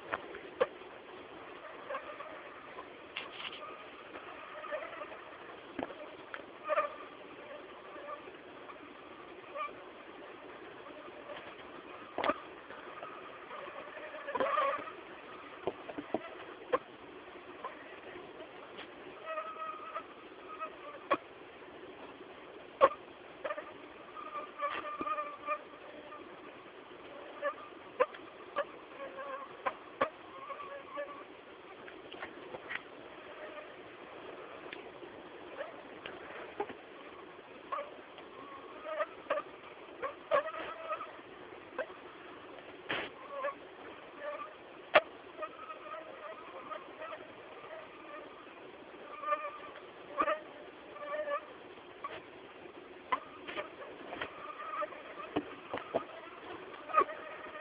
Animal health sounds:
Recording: mosquito flight sound by mobile phone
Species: Anopheles gambiae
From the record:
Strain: Akron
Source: CDC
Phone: Samsung T209

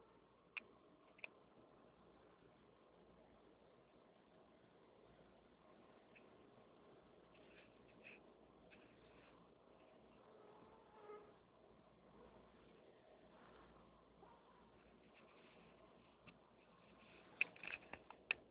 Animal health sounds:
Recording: mosquito flight sound by mobile phone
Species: Anopheles albimanus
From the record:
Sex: male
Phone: Nokia 6555B

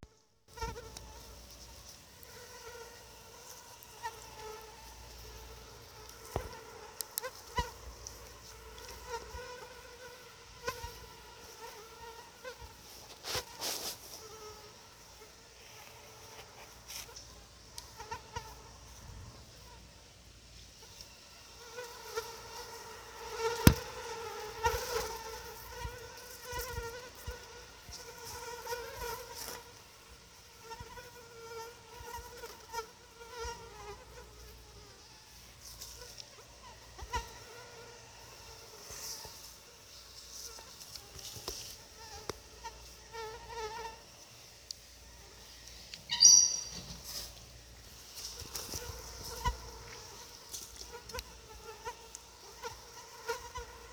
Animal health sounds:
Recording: mosquito flight sound by mobile phone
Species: Anopheles quadriannulatus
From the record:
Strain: SANQUA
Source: CDC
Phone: Sony Xperia

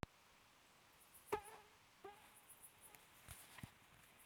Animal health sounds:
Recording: mosquito flight sound by mobile phone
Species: Aedes sierrensis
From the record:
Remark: free flight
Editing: field recording with all noises

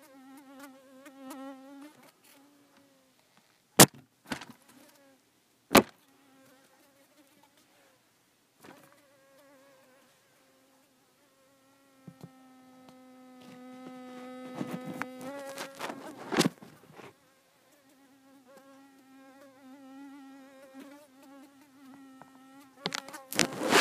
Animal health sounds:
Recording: mosquito flight sound by mobile phone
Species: Culiseta incidens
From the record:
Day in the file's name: 4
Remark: blood-fed

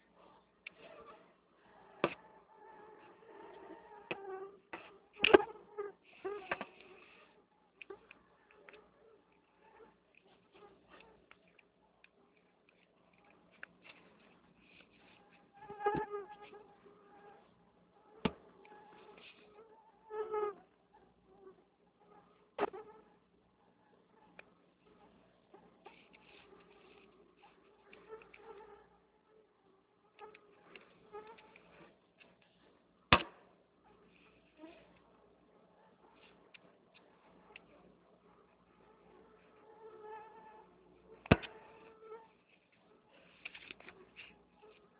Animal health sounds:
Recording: mosquito flight sound by mobile phone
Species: Anopheles freeborni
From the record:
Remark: swarm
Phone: Nokia 6555B

